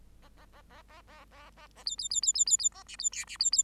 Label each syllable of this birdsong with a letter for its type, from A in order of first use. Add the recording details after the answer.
A A A A A A A A A B B B B B B B A C B D C B B. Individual Bird8